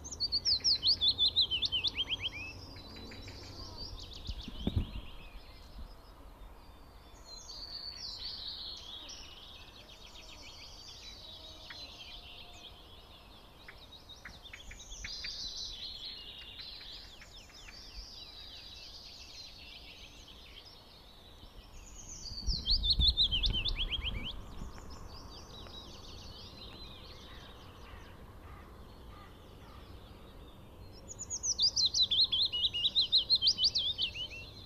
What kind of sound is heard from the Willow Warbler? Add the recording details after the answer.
song. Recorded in the wild. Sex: male. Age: adult. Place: Schönow, Naturpark Barnim, Brandenburg, DE. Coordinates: 52.685, 13.512. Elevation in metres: 68. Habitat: heath. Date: 2014-04-26. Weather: sunny, 14°C, windless. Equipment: Sound Devices 702, Sennheiser MKH 70, Rycote Windschutz. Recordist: Frommolt, Karl-Heinz